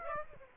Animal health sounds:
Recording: mosquito wingbeat signal from an infrared sensor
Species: Aedes aegypti

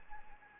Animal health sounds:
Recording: mosquito wingbeat signal from an infrared sensor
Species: Anopheles gambiae

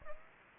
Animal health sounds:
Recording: mosquito wingbeat signal from an infrared sensor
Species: Aedes aegypti

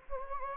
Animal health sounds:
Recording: mosquito wingbeat signal from an infrared sensor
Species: Anopheles gambiae

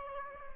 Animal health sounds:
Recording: mosquito wingbeat signal from an infrared sensor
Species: Aedes aegypti

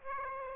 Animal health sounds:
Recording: mosquito wingbeat signal from an infrared sensor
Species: Aedes aegypti

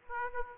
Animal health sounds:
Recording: mosquito wingbeat signal from an infrared sensor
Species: Aedes aegypti

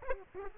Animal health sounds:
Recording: mosquito wingbeat signal from an infrared sensor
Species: Aedes aegypti

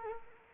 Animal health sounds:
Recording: mosquito wingbeat signal from an infrared sensor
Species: Culex quinquefasciatus

